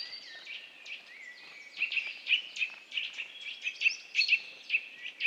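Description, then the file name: Eurasian nuthatch calls: busy, overlapping high chirps and short whistled notes, building in loudness through the second half. "Sitta europaea"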